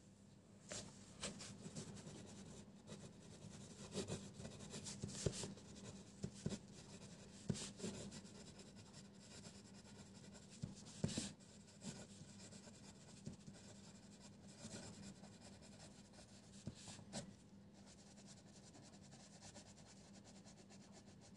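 Pencil scribbling, a soft scratchy rasp that comes in short irregular bursts through the whole stretch. Sharper strokes or taps stand out around 5, 7.5, 11 and 17 seconds, over a low steady hum with quiet gaps between strokes.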